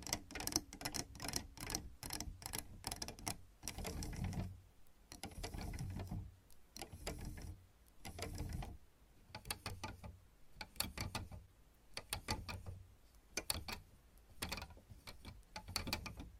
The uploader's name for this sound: Scratching , Tapping & Massage with DIFFERENT Mics , Items & Nails